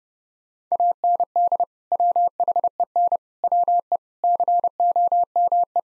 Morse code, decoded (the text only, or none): AND WHEN WE COME